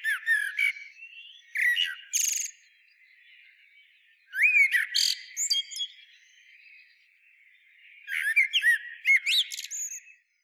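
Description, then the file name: Eurasian blackbird song in three bursts of varied whistles and sharp high chirps, roughly every three to four seconds. "Turdus merula"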